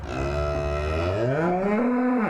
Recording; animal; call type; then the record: contact call of a hoofed animal; cattle; low-frequency (closed-mouth) or high-frequency (open-mouth) call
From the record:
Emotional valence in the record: negative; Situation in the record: full separation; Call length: 2.4 s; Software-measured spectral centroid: 1220 Hz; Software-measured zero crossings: 1170 a second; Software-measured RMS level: -24 dBFS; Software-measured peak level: -13 dBFS